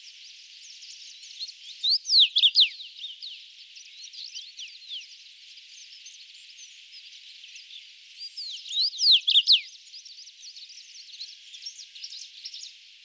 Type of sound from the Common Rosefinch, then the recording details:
song. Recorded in the wild. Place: Alassy Pass, KZ. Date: 2000-05-24. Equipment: MiniDisc Sharp MT 20 H. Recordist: Schwarz, Dieter. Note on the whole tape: Song